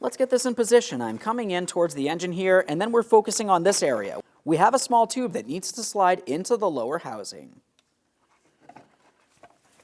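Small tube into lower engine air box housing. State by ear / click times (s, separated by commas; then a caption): not seated / none. Someone talks while a small plastic tube is lined up with the lower engine air box housing of a 2003-2008 Toyota Matrix 1.8L L4, ready to be pressed in. After the talking stops at about 7.6 s, only a few faint, brief handling taps are heard, around 8.7 s and 9.4 s. The tube has not been pressed in or clicked into place yet.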